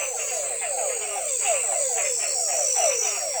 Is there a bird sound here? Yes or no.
no